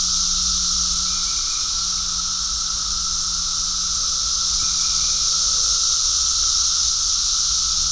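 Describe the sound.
Cicadas droning in a steady, unbroken high-pitched hiss, with a faint twitter appearing briefly twice and a low constant hum underneath.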